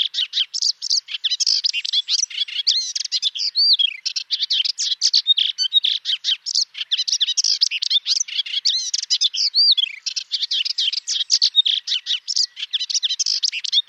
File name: Hypolais polyglotte